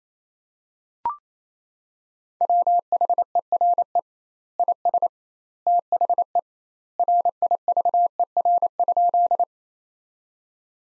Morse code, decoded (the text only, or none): WHERE IS THE RIVER?